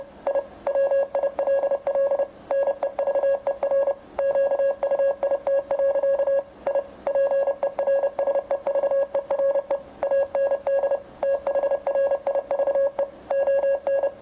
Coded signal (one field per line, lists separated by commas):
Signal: Morse code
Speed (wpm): 30 wpm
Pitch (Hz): 550 Hz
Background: none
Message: I WILL NEVER QUIT. I PERSEVERE AND THRIVE ON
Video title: Morse Code youth outreach presentation in a video format